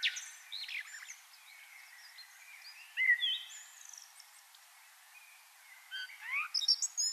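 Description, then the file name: Common blackbird song: a few whistled and chirping phrases over a steady background hiss. "Turdus merula"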